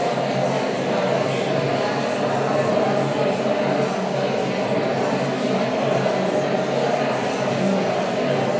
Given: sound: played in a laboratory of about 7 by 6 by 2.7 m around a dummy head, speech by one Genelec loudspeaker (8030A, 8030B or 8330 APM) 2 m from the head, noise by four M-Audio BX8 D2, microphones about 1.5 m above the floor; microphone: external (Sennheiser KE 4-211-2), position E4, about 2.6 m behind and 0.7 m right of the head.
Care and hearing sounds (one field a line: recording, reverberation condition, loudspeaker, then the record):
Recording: babble noise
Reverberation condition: high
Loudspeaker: four, about 170 cm from the corners of the room and facing them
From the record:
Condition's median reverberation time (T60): about 1300 ms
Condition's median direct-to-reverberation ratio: about -4.0 dB